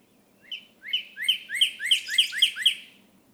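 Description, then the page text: Northern cardinal song: a fast run of clear upslurred whistles, about four per second, building in loudness and then ending abruptly. Male leaving his night roost at dawn and beginning his day, in a crabapple tree in a yard in Hatfield, Massachusetts; recorded over 13 mornings, late April–early May 2018. "For 13 mornings during late April and early May 2018, I recorded how a male northern cardinal left the night roost and began his day"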